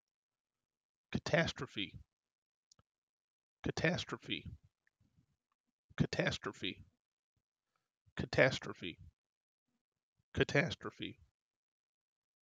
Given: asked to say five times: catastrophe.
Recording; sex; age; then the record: repeated word; male; 30 to 39 years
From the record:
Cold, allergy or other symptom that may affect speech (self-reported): no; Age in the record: 39 years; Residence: New York, United States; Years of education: 14